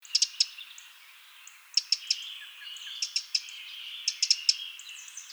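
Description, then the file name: Eurasian wren calling with hard, rapid tick notes in clusters of three or four, repeated every one to two seconds, with faint background bird chatter. "Troglodytes troglodytes"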